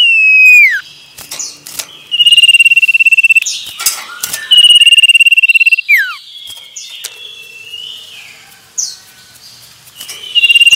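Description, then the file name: Common iora song with long level whistles held about a second, some ending in a downward slur, amid clicks and scattered chirps. Male. "suara burung cipoh jantan"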